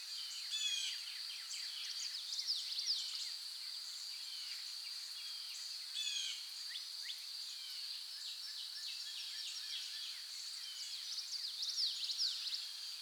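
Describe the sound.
Bird chorus of scattered chirps, trills and short whistled sweeps from several birds, set against a steady high-pitched buzzing drone that never stops.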